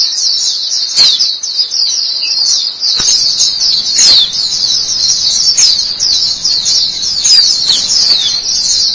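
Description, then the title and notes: White-eye singing a dense, high, rippling warble without break, with a few faint soft clicks in the background. Chirping song. "Suara kicauan burung pleci"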